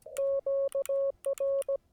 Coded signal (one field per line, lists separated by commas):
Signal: Morse code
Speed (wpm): 17 wpm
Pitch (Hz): 550 Hz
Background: none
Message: QR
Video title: Don't Like to Activate POTA With Headphones? - WATCH THIS!